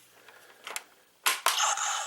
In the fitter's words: yay I locked in the first time